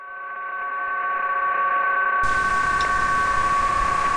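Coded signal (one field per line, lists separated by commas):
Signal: PSK31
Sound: several steady warbling tones held together over hiss, like multiple faint whistles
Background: radio static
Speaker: this is the sound of PS k31 actually it's the sound of several stations communicating using this mode over a very small slice of spectrum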